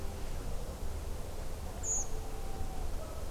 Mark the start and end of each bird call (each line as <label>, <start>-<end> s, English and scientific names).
Redwing (Turdus iliacus), 1.83-2.04 s